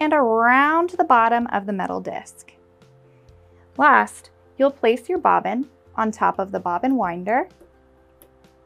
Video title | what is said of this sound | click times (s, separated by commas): How To Use The Brother PS300T Sewing Machine! | make sure that you hear a slight click that's how you know that it's all the way down and then take your thread | 8.2 s